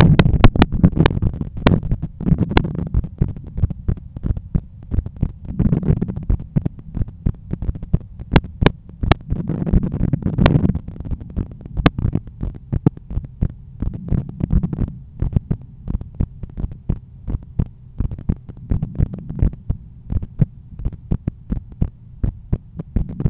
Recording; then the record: heart sounds by stethoscope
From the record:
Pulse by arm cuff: 85 bpm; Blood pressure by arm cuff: 123/76 mmHg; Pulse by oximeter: 90 bpm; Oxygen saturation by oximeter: 95%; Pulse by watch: 87 bpm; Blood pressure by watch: 126/82 mmHg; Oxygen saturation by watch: 94%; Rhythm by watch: sinus rhythm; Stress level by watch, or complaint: low stress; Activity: after lunch and office activities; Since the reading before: plus 1000 steps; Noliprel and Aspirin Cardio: after pills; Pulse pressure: 47 mmHg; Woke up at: 7:50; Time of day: 16:17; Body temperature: 36.5 C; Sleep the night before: 7 h 52 min, score 75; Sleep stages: REM 24%, light 55%, deep 12%, awake 9%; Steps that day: 9500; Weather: sunny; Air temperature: 23.6 C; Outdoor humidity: 51%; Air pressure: 1013 hPa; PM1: 4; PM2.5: 7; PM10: 10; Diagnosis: hypertension, treated with Noliprel and Aspirin Cardio 100 mg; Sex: male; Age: 53 years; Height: 174 cm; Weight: 81 kg